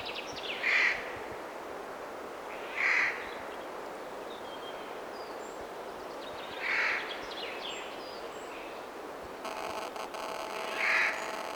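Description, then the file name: Eurasian jay giving four harsh, short screeching calls, spaced irregularly. "Garrulus glandarius"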